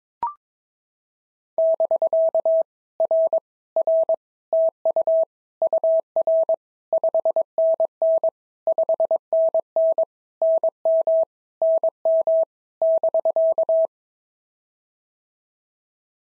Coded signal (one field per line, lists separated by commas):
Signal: Morse code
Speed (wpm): 22 wpm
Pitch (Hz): 650 Hz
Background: none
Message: <BK> R R TU UR 5NN 5NN NM NM <BK>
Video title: POTA QSO Practice - 22wpm